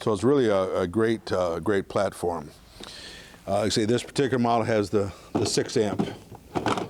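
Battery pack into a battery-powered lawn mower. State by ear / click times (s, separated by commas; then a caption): seated / 6.7 s. A 60V lithium-ion six-amp battery pack is pushed into the battery bay of a Toro 60V MAX Stripe walk-behind lawn mower while someone talks. A thunk at 6.7 s marks the pack snapping into place, and the battery is seated.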